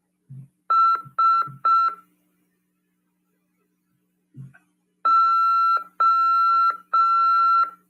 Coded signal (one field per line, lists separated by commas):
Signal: Morse code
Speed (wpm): 5 wpm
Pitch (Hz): 1350 Hz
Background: none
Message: SO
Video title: RADIOAMADOR 1ªEd. 16/1/2023 "AULA 5 CW, LEGIS e C.RODADA" FM 146.410 Mhz. PY2EXU PAULO SP/SP CRASP.